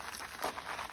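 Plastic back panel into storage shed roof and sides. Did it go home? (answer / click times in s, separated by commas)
no / none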